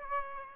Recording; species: mosquito wingbeat signal from an infrared sensor; Aedes aegypti